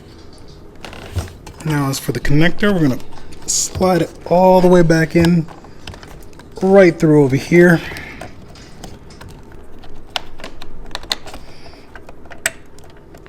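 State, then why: Not seated. A mirror wiring connector on a 2017 Nissan Altima is being slid back into its mating plug inside the door during a side view mirror replacement, while someone talks. Light handling taps and rustles are heard, with a few sharper knocks near the end. Nothing has seated or clicked yet.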